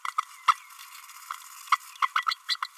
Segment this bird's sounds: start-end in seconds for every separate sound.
2.02-2.08, 2.26-2.36, 2.48-2.57, 2.62-2.68